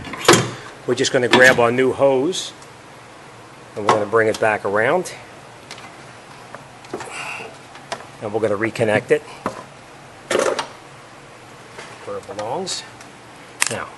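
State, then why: Not seated. A new washer fluid hose for the windshield washer pump is routed back around by hand before it is pushed onto the pump, making small handling ticks and taps while someone talks. The hose has not been connected yet, and nothing has seated or clicked.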